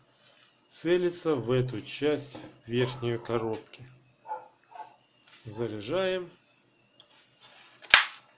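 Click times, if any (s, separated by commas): 7.9 s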